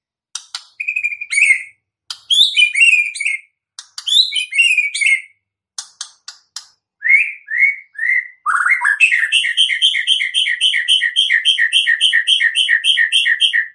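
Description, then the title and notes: White-rumped shama song: varied whistled and chattering phrases, then a long fast run of repeated short notes lasting several seconds. Murai batu song played as a lure for bird trapping (pikat). "MB Pikat Jitu.. Suara Mantap. murai batu"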